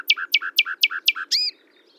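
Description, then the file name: Common nightingale singing a quick series of five sharp two-note chirps, ending with a brief longer note, then quiet. "Luscinia megarhynchos"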